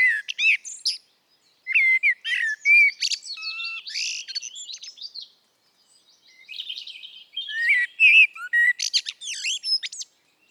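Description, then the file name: Eurasian blackbird song, long and rambling: mellow whistled notes interwoven with high squeaky twitters across three phrases with short pauses. "Turdus merula"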